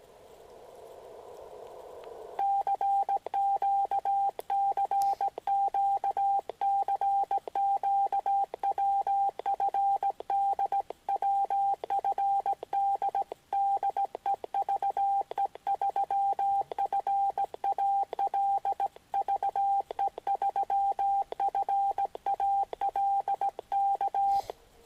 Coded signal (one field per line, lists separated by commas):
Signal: Morse code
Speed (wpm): 17 wpm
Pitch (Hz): 790 Hz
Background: radio noise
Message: CQ CQ CQ WFD WFD DE VE3FAL VE3FAL K